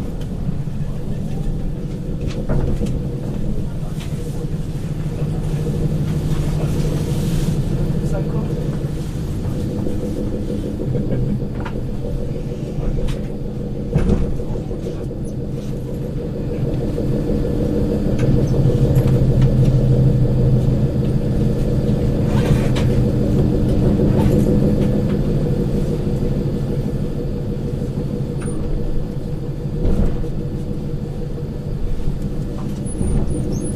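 A train hums steadily with a low droning rumble, soft clicks and knocks from the rails scattered throughout, swelling slightly louder midway.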